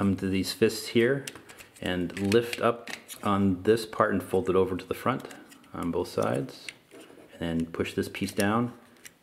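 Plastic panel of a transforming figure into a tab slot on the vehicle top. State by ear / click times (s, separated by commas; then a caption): not seated / none. Someone talks while handling a ToyWorld TW-C02 Unearth (Masterpiece Constructicon Scavenger) transforming figure, folding parts over and pushing a plastic panel down so it will tab into a slot on the top of the vehicle. Faint plastic handling sounds are heard under the talking. Nothing has seated or clicked yet.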